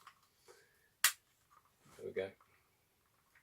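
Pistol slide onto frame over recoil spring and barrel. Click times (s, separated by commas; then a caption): 1.0 s. The slide of a Umarex USP air pistol is forced back onto the frame over the recoil spring and barrel, and after some resistance it pops into place with a loud, sharp snap at 1.0 s. Someone talks briefly before and after.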